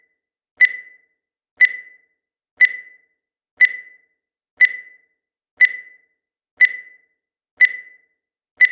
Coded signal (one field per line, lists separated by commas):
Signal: radio time signal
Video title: 195 Seconds Every Seconds Beep Sound Digital Timer